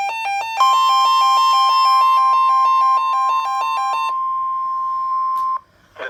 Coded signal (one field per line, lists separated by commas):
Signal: Emergency Alert System (SAME) tones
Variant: 1050 Hz attention tone